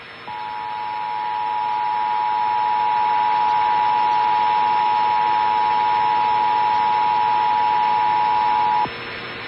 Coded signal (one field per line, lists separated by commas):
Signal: Emergency Alert System (SAME) tones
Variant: 853 and 960 Hz attention tone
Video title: National EAS test on DirecTV (8/7/19)